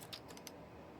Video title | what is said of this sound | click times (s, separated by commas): how to install a NVME drive/internal SSD drive in a laptop / Asus Rog Strix G16 | And then it should kind of pop into place right there. | 0.4 s, 0.5 s